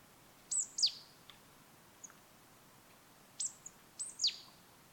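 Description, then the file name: Marsh tit calls, short high sharp notes dropping steeply, given in pairs and small clusters with quiet gaps between. "Poecile palustris"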